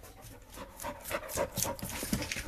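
Normal breathing of a dog.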